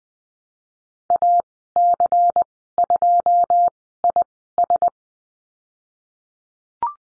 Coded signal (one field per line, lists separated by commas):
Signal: Morse code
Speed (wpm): 20 wpm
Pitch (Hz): 700 Hz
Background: none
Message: AC2IS